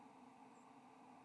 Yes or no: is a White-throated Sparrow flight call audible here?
no